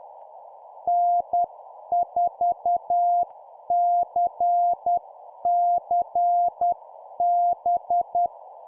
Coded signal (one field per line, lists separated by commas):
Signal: Morse code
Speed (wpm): 10 wpm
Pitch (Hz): 700 Hz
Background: none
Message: N4CCB